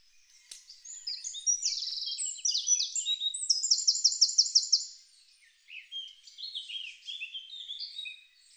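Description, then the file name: Eurasian wren song: high rapid notes building into a fast rattling trill, then a pause and softer, lower warbled phrases. "Troglodytes troglodytes"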